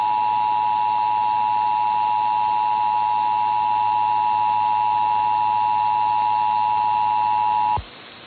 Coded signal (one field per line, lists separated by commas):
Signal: Emergency Alert System (SAME) tones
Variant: 853 and 960 Hz attention tone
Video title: San Francisco Required Monthly Test (EAS #1245-1257) 9/13/23